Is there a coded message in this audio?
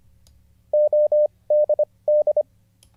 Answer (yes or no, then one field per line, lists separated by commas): yes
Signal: Morse code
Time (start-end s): 0.7-2.4 s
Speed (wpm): 25 wpm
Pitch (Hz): 600 Hz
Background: none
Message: ODD